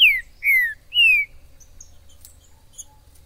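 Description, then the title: Green-winged saltator gives three loud, clear whistles, each sliding downward, followed by a few faint high chirps. Wild bird singing in the forest, calling, singing and displaying as a male in a contest, used to stimulate a pet saltator; called Major. "ESQUENTAR Seu TRINCA Piando, Cantando E Macheando Na DISPUTA. TRINCA FERRO no MATO. Trinca ferro MAJOR no MATO"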